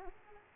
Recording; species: mosquito wingbeat signal from an infrared sensor; Aedes aegypti